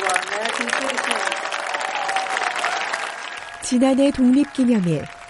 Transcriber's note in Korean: 현장음: 독립기념일 시민권 선서식